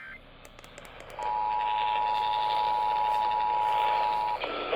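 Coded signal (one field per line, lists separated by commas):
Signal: Emergency Alert System (SAME) tones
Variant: 853 and 960 Hz attention tone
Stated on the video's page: Severe thunderstorm alert aired on AM radio station at 1130 kHz.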